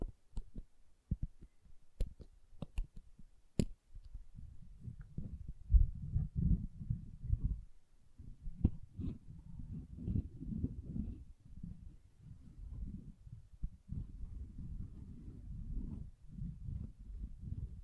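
Soap is tapped with a few sharp, bright clicks in the first four seconds. After that, carving takes over as a dense, low scraping that swells and eases in short strokes. A couple of faint taps come through at about nine seconds.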